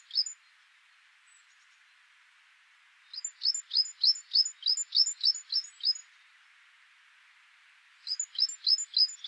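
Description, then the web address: Great tit calls: a brief note at the start, then a series of about ten rapid two-part descending notes, and another series beginning near the end. "SETE data Parus major"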